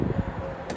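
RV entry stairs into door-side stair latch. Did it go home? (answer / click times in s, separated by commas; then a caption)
yes / 0.7 s. The fold-up entry stairs of a travel trailer are set into their stair latch by the door, over a steady low rumble. A short, sharp click at 0.7 s marks the latch locking the stairs in place, so they are held when the door closes.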